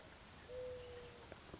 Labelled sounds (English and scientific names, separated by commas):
Mourning Dove (Zenaida macroura)